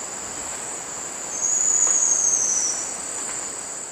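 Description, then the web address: Yasuni antwren song: one very high, thin sustained whistle, gently sliding downward, set against continuous high-pitched insect buzzing. Eastern lowlands of South America. "Natures Songs S America Eastern Lowlands. Epinecrophylla fjeldsaai, song"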